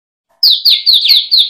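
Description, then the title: Yellow-vented Bulbul song: five quick, slurred notes, each sliding downward, given in close succession after a brief silence. Lure (pikat) recording. "PIKAT TRUCUKAN"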